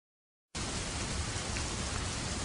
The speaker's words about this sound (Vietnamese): Một cơn mưa xối xả trên mái, có cả sấm chớp đùng đùng.